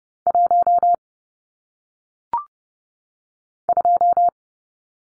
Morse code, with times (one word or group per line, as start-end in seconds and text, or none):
0.3-0.9 1
3.7-4.3 2